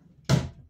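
A screwdriver pries a car door trim panel off, and a plastic retaining clip pops out of the door with a sharp pop at 0.3 s. The clip releases, which is a good sign.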